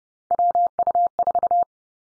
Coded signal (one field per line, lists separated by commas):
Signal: Morse code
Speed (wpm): 30 wpm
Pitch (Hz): 700 Hz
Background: none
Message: WU4